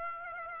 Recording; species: mosquito wingbeat signal from an infrared sensor; Aedes aegypti